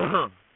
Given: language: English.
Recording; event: throat vibration sensor signal played as sound; throat clearing